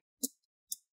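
The plastic bottom cover of a Dell Inspiron 15 3505 laptop is pushed down at the front corner after a storage (SSD) upgrade, with a first sharp snap at about 0.2 s. A second crisp click at 0.7 s is the cover's clip snapping into the chassis. The cover is now seated and in place.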